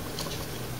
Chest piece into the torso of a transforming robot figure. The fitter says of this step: a solid click